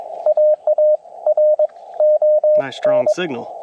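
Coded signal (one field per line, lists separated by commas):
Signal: Morse code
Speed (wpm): 21 wpm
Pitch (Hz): 590 Hz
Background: speech, radio noise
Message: AARON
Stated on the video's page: POTA CW activation with Yaesu FT-891, ATAS-120A antenna and pocket paddles, working DX on 10m and 17m.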